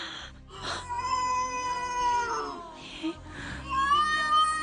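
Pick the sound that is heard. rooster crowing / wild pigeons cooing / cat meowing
cat meowing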